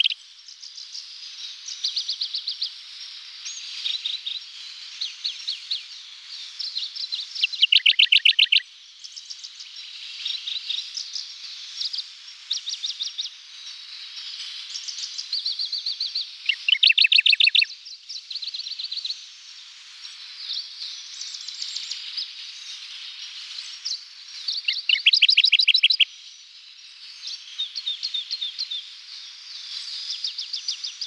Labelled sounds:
Radde's Warbler (Phylloscopus schwarzi) song
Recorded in the wild
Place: Tormasu (Umgebung), RU
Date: 1994-06-03
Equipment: Dat-Recorder Casio DA 7, Telinga DAT, Telinga-Parabolspiegel
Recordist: Schwarz, Dieter

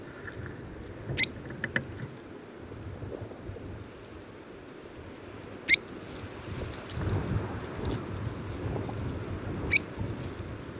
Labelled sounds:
Henderson's Ground Jay (Podoces hendersoni) call
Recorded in the wild
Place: Wüste Gobi, MN
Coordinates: 42.795, 105.032
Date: 1979-05-31 17:30
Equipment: Nagra III BH, Sennheiser MD 21, parabola
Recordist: Schubert, Michael

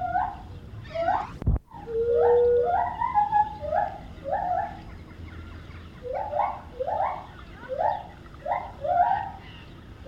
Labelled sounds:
Lar Gibbon (Hylobates lar)
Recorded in captivity
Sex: pair
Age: adult
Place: Tierpark Berlin, Berlin, DE
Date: 1973-03-10
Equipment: Uher 4200 Report Stereo, Verstärker I, Sennheiser MD 421
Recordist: Tembrock, Günter

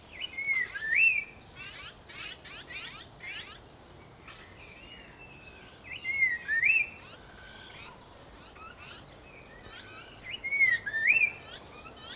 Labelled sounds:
Red-faced Liocichla (Liocichla phoenicea)
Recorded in captivity
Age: adult
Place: Zoo Berlin, Berlin, DE
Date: 1992-05-09 12:10
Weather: wolkig, 11-14°C
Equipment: Nagra SN, Mikrofon AKG CK 8, Kopie Tesla B 116
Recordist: Tembrock, Günter

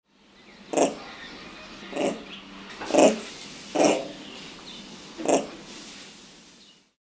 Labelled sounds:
Moustached Guenon (Cercopithecus cephus)
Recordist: Tembrock, Günter
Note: Kurzlaute

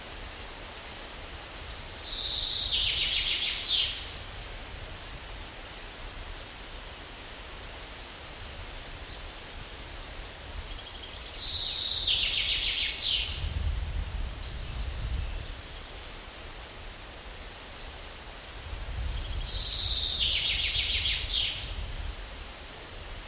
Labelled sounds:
Common Chaffinch (Fringilla coelebs) song
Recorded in the wild
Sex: male
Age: adult
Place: Mühlenbecker See, Brandenburg, DE
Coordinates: 52.7, 13.4
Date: 1988-07-10 12:00
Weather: overcast, 17-20°C, winds
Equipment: Sony WM-D6C, Kopie Tesla B 116
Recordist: Tembrock, Günter

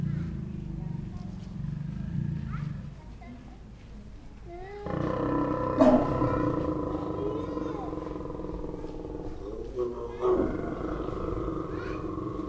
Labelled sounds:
Lion (Panthera leo)
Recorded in captivity
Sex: pair
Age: adult
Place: Zoo Leipzig, Sachsen, DE
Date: 1959-09-17 13:45
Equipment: Reporter (Vollspur)
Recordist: TSA

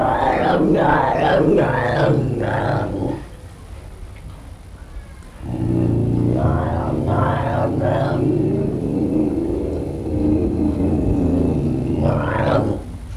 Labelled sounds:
Ocelot (Leopardus pardalis)
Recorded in captivity
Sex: male
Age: adult
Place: Tierpark Berlin, Berlin, DE
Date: 1963-03-30 15:30
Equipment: Minifon, Kopie Smaragd
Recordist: Tembrock, Günter

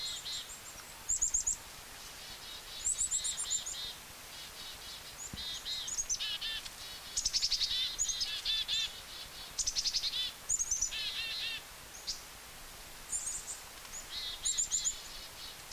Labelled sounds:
Black-capped Chickadee (Poecile atricapillus) call
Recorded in the wild
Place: Elk Island National Park, Beaver Hills, Alberta, CA
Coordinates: 53.6778, -112.826
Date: 1991-09-22 17:52
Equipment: Sony WM-D6C, Sony ECM-939 LT (Stereo), Kopie Uher 4400 IC
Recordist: Frommolt, Karl-Heinz

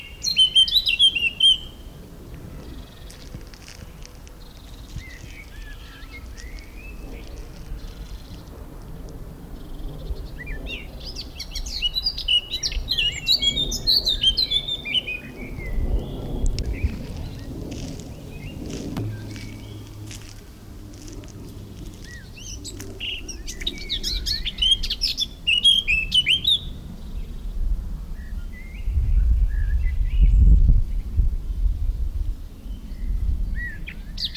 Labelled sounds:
Eurasian Blackcap (Sylvia atricapilla) song
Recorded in the wild
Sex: male
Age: adult
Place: Schloßpark Babelsberg, Brandenburg, DE
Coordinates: 52.4053, 13.0928
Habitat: park
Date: 1996-06-07 16:43
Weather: sunny, 30-32°C
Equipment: Sony MD-WM MZ-R3, Sennheiser MKH 416 T, Kopie Uher 4000 Report Monitor
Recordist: Tembrock, Günter

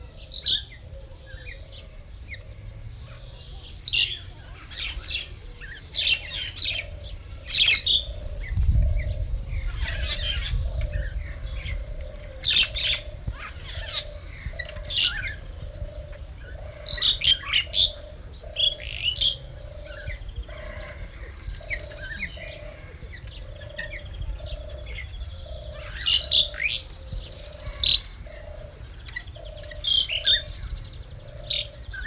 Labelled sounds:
Pied Myna (Gracupica contra) song
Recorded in captivity
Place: Vogelpark Walsrode, Niedersachsen, DE
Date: 1970-06-27
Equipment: Halbspur, 9,5 cm/s
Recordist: Lütgens, Hans

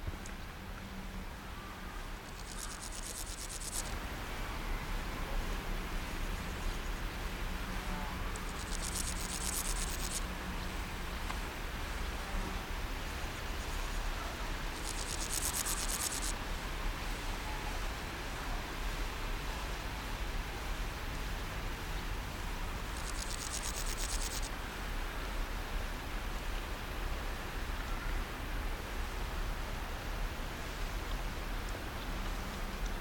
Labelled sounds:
Meadow Grasshopper (Chorthippus parallelus) stridulation
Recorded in the wild
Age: imago
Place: Malente, Holsteinische Schweiz, Schleswig-Holstein, DE
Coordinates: 54.174, 10.559
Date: 1992-09-10 16:00
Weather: wolkig-heiter, 17°C
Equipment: Marantz CP 430, Sennheiser ME 80, Kopie Tesla B 116
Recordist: Tembrock, Günter
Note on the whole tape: Stridulation; am Kellersee

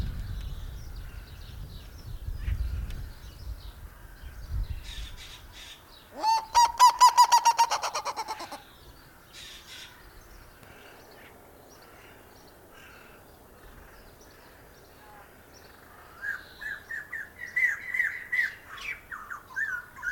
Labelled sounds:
Black-legged Seriema (Chunga burmeisteri) call
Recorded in captivity
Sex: male
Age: adult
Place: Zoo Berlin, Berlin, DE
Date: 1997-03-04 12:15
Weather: heiter, 10 bis 15°C
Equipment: Nagra SN, Kopie Uher 4000 Report Monitor
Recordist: Tembrock, Günter

